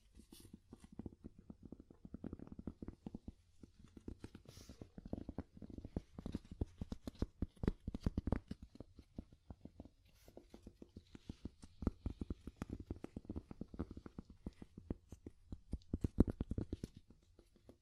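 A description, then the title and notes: Wood is tapped in quick, uneven bursts of short knocks that run through the whole stretch, each hit dull and fairly low with a faint brighter click on top. The tapping is dense, with brief pauses around the fourth and tenth seconds. ASMR Calming Wood Tapping (No Talking).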